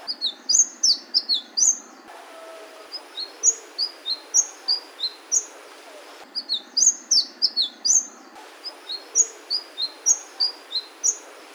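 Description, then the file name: Sunbird song: rapid series of high, thin, sharp chirps and short falling notes in repeated phrases. "suara kicauan burung madu matari. omkicau"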